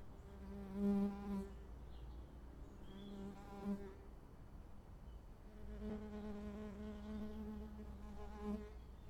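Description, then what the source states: Fly buzzing in a low, steady drone that swells and fades in several bursts. Near microphone.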